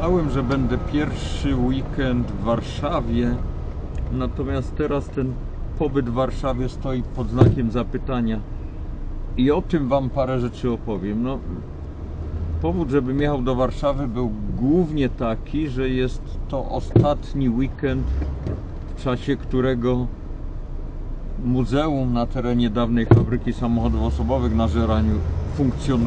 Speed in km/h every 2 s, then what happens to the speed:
24, 17, 7, 0, 0, 0, 0, 0, 0, 0, 0, 0, 8.
0-5 brakes to 0. 5-23 standing. 23-26 pulls away to 8.